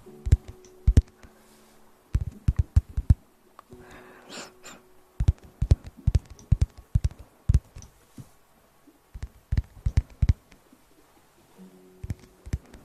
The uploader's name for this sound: Sounds close to the mouth!